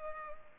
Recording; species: mosquito wingbeat signal from an infrared sensor; Culex pipiens